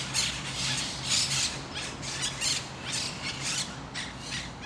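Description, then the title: Parakeets screeching in rapid rasping bursts throughout, over a faint low drone. Recorded in Parc de Forest, Saint-Gilles, Belgium, with Sony PCM-D100 internal microphones in wide position. "Parc de Forest, 1060 Saint-Gilles, Belgique - Parakeets - Perruches"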